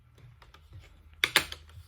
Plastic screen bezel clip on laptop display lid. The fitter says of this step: Once you hear the click, you know it's coming off, and